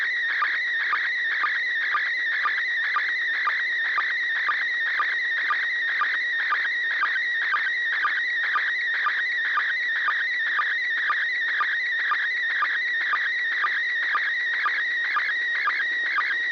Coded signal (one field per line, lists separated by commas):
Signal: SSTV (slow-scan television)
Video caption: First Image Transmission Begin Resulting Image Beginning of a Second Image